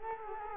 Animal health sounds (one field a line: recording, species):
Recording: mosquito wingbeat signal from an infrared sensor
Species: Culex quinquefasciatus